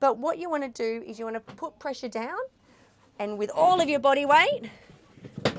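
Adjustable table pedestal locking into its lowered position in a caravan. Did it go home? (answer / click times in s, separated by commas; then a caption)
yes / 5.5 s. Someone talks while pushing an adjustable caravan table pedestal down with full body weight to lower it into bed position. A sharp click at 5.5 s marks it locking into its lowered position, where it will not spring back up, followed by a second brief knock at 5.6 s.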